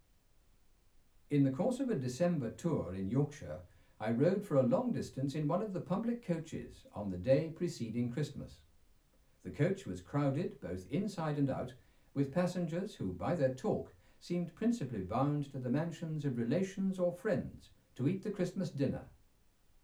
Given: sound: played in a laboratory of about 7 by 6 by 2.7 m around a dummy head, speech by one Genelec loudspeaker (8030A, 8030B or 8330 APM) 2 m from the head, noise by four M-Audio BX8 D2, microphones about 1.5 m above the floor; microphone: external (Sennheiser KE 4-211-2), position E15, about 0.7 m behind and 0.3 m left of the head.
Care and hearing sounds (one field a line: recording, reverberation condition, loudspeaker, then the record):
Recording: male speech in English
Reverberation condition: low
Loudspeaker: in front (0 degrees)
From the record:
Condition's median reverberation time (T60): about 310 ms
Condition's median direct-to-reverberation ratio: about 3.5 dB